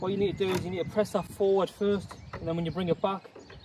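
Someone talks while the blade brake clutch lever on the handle of a Weibang Legacy 48 Pro BBC roller mower is pushed forward first, ready to be brought back to engage the blade. Nothing has clicked into engagement yet when the clip ends.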